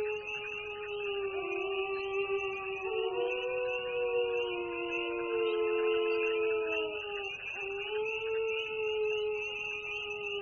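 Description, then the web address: Wolf: wolves howling together, several long, smooth, overlapping tones sliding slowly up and down, over a steady high insect-like buzz. "sons loups"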